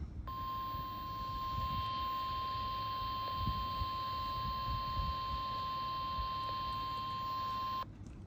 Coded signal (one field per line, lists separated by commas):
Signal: Emergency Alert System (SAME) tones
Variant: 1050 Hz attention tone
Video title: NWS Gray Required Weekly Test (EAS #1,781-1,783) - February 19th, 2025